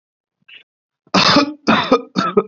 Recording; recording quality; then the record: heavy voluntary cough; excellent, no background noise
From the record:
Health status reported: COVID-19 positive, mild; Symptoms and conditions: cold, fever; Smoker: not ticked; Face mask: not worn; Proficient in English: yes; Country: India